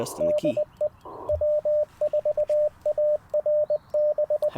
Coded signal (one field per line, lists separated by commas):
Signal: Morse code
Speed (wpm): 23 wpm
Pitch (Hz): 600 Hz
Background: speech, radio noise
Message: DE W4ARB